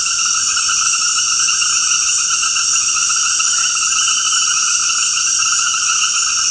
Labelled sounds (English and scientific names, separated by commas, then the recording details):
none
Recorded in dense forest near Puerto Asís, Putumayo, Colombia, on 19 February 2024 at 20:00
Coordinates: 0.472, -76.329
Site G6394